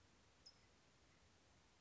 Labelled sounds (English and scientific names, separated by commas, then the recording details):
California Towhee (Melozone crissalis)
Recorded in Sonoma County, California